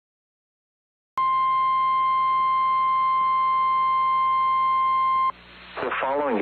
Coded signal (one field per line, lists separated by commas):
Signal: Emergency Alert System (SAME) tones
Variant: 1050 Hz attention tone